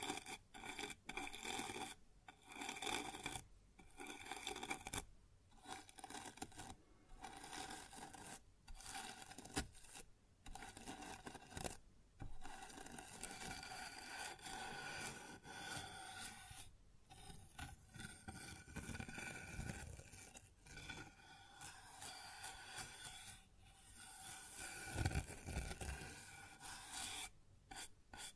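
Scraping and rubbing sounds on a wooden surface, a dense rasping texture that runs almost without a break. For the first half, short pauses come about every second and a half in a steady rhythm; later the strokes are longer and less regular, with a heavier thump near 25 seconds.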